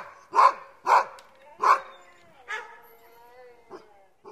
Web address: aboiement et hurlement dune meute de chiens